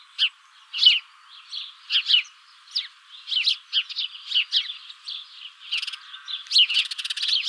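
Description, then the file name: House sparrow chirping, short sharp cheeps repeated irregularly and growing busier and more overlapping toward the end. "Passer domesticus"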